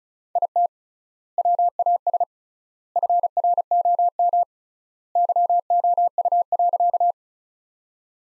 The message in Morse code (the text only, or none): IT WAS FROM YOU.